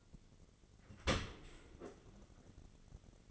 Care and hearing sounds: daily activity, microphone in the room; open dishwasher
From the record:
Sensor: 4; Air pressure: 1003.9 hPa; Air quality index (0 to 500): 153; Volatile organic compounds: 2 ppm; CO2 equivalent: 1091 ppm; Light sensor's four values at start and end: 27/64/27/29 and 27/66/27/30

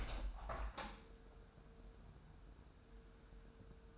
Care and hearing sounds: daily activity, microphone in the room; open window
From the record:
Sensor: 2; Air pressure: 999.8 hPa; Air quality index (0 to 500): 225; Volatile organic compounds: 55 ppm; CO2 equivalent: 3353 ppm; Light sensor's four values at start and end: 8/19/8/8 and 9/20/8/8

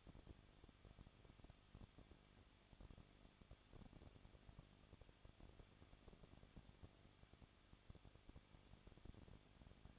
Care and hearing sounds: daily activity, microphone in the room; no activity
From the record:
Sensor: 4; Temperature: 23.0 degrees Celsius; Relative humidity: 34.2%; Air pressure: 1007.3 hPa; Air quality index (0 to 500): 216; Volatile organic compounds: 15 ppm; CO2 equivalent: 2506 ppm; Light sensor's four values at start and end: 2/3/1/1 and 2/3/1/1

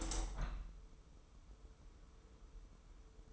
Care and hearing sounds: daily activity, microphone in the room; open window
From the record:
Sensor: 1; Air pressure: 995.8 hPa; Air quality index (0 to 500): 47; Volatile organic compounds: 1 ppm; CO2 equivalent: 848 ppm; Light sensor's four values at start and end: 30/103/40/41 and 31/105/40/42

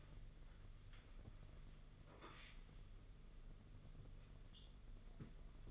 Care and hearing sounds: daily activity, microphone in the room; wipe stove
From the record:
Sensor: 4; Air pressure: 995.4 hPa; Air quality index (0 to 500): 214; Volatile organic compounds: 250 ppm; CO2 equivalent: 4360 ppm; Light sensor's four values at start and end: 24/74/28/31 and 24/74/28/31

